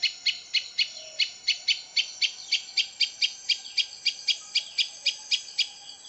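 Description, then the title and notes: Prinia song: crisp high notes repeated steadily, nearly four per second, in an even rolling series. Complete song, including the style called 'ngerol'. "Suara Kicau Burung Prenjak Lengkap dan Ngerol"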